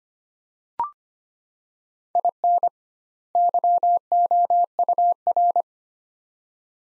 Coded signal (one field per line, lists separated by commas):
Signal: Morse code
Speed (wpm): 25 wpm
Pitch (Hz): 700 Hz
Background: none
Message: IN YOUR